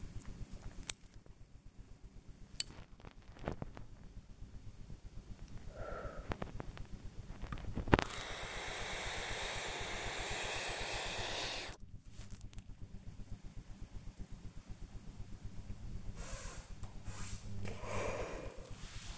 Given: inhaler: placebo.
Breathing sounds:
one use of a dry powder inhaler by a smartwatch
0.57-2.90 s: inhaler activation
5.58-6.30 s: exhalation
8.00-11.84 s: inhalation
17.44-18.89 s: exhalation

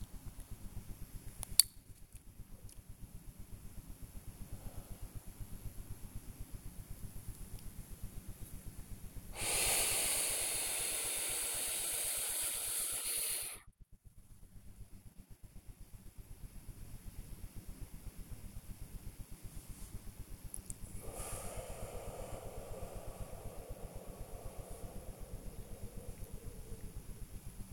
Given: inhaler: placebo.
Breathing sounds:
one use of a dry powder inhaler by a smartwatch
0.73-1.86 s: inhaler activation
4.26-6.08 s: exhalation
9.25-13.83 s: inhalation
20.84-27.21 s: exhalation

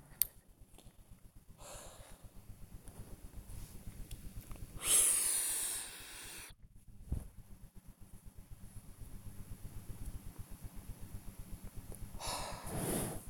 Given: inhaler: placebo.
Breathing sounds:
one use of a dry powder inhaler by a smartwatch
0.00-0.52 s: inhaler activation
1.45-2.38 s: exhalation
4.67-6.55 s: inhalation
12.13-13.29 s: exhalation

